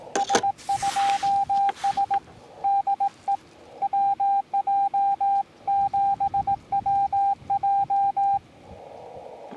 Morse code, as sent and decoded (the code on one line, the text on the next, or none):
... ..--- ... / -.. . / .-- .--- --... .-- .---
S2S DE WJ7WJ